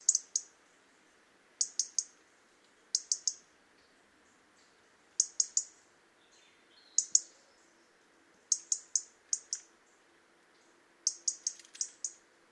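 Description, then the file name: European robin giving sharp, high ticking calls in quick bursts of two to four, the clusters repeated every couple of seconds against a faint low hum. "Erithacus rubecula"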